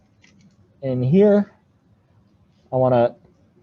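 A microSD/SD card is handled at the spring-loaded slot of an Arduino SD card shield while someone talks in two short bursts. Faint, brief ticks come near 0.2 s and 0.4 s. The card has not been pushed home, and nothing has seated or clicked yet.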